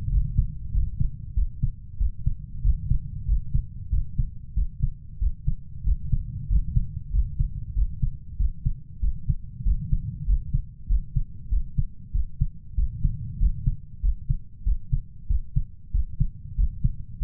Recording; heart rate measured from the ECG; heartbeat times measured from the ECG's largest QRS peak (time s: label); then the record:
heart sounds by stethoscope; 95 bpm
0.12 s: heartbeat
0.74 s: heartbeat
1.37 s: heartbeat
2.00 s: heartbeat
2.65 s: heartbeat
3.28 s: heartbeat
3.92 s: heartbeat
4.57 s: heartbeat
5.21 s: heartbeat
5.87 s: heartbeat
6.51 s: heartbeat
7.14 s: heartbeat
7.76 s: heartbeat
8.40 s: heartbeat
9.03 s: heartbeat
9.66 s: heartbeat
10.28 s: heartbeat
10.90 s: heartbeat
11.52 s: heartbeat
12.15 s: heartbeat
12.78 s: heartbeat
13.41 s: heartbeat
14.03 s: heartbeat
14.66 s: heartbeat
15.30 s: heartbeat
15.94 s: heartbeat
16.58 s: heartbeat
17.21 s: heartbeat
From the record:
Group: healthy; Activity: rest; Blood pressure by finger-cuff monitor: 128/67 mmHg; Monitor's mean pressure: 85 mmHg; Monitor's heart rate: 95 bpm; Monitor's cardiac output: 8.3 L/min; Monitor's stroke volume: 88 mL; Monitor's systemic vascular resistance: 750 dyn s/cm5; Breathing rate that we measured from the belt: 18 breaths a minute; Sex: male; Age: 21 years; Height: 175 cm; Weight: 72.6 kg